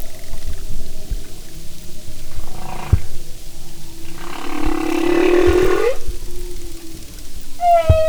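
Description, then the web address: Humpback whale song: a long, rough, buzzy moan that swells and rises at the end, then a short bright tonal note, over low underwater rumbling. "Sound and Marine Mammals humpback"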